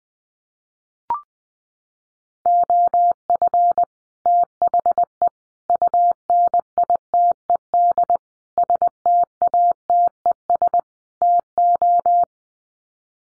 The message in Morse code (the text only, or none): OF THE UNITED STATES TO